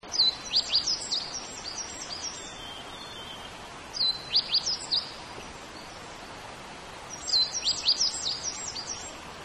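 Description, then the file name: Meadow bunting song: three short phrases of high, sharp chirps and short trills, separated by pauses of a few seconds, over a soft steady hiss. "hojiro"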